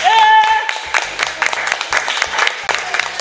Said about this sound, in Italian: Applauso! Brava!